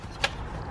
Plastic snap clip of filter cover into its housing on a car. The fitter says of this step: it all back in hit the snaps